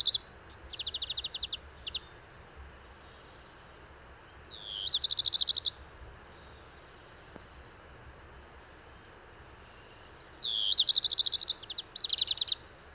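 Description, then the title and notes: Black redstart song: several phrases of quick high clipped notes, some opening with a sliding note, with quiet gaps between. Wild bird, 19 March 2019, Val Maravel, Drôme, France; early morning; first of season; perched atop a large lime tree; crumpled song; parabolic microphone, MKH8020, MixPre-3. "Val Maravel - Drôme. chant du Rouge-queue noir"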